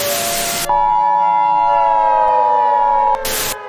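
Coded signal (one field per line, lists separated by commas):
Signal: Emergency Alert System (SAME) tones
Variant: 853 and 960 Hz attention tone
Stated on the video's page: Fictional Emergency Alert System scenario depicting nuclear war.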